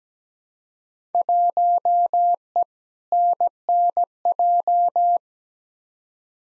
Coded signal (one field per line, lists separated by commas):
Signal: Morse code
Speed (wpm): 17 wpm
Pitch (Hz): 700 Hz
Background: none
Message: 1E NNJ